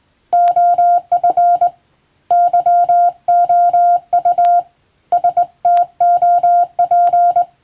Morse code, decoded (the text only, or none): OF YOU STOP